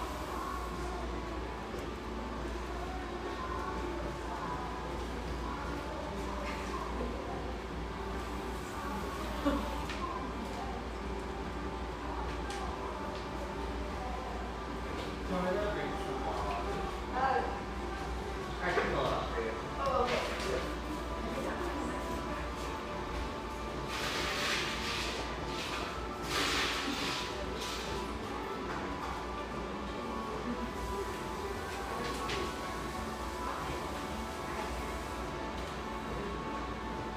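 Coffeehouse sounds in Hazelwood, Northeast Portland: a steady low hum underlies soft radio music and murmured talk throughout. Brief clatters and hisses break in occasionally, with a cluster of sharper, brighter bursts around 24 to 27 seconds.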